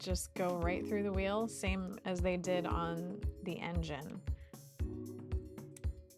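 PLA pins are pushed through the wheels into the base of a 3D-printed train car while someone talks over a steady musical tone. A few small handling taps and clinks come near the end, but nothing has seated or clicked yet.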